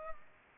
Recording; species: mosquito wingbeat signal from an infrared sensor; Culex pipiens